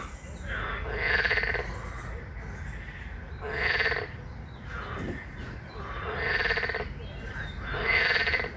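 Frog croaking in several rasping, pulsed bursts, each under a second long, over a low background hum.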